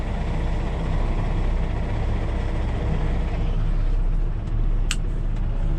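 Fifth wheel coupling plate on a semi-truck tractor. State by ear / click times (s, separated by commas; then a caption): not seated / none. A semi-truck tractor pulls out from under a trailer after unhooking, with steady engine rumble throughout and a brief sharp high-pitched sound near 4.9 s. The steel fifth-wheel coupling plate should tip down onto its stop with a click, but it has not clicked down, so it is likely still lying flat.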